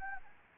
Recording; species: mosquito wingbeat signal from an infrared sensor; Anopheles arabiensis